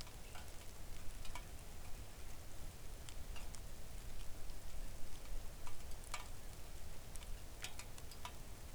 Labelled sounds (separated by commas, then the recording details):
rain
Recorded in the Arctic National Wildlife Refuge, Alaska, on 3 August 2019 at 05:52
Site 41